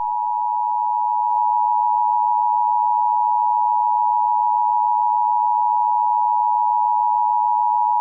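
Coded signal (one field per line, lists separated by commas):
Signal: Emergency Alert System (SAME) tones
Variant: 853 and 960 Hz attention tone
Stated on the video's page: Fictional EAS scenario; sound glitched near the end and replayed after a couple of seconds.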